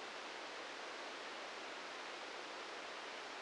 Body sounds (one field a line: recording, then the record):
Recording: brain microelectrode recording played as sound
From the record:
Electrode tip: outside the subthalamic nucleus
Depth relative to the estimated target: 1 mm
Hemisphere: right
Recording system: NeuroSet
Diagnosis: Parkinson's disease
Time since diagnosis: 13 years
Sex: male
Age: 65 years